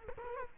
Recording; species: mosquito wingbeat signal from an infrared sensor; Culex quinquefasciatus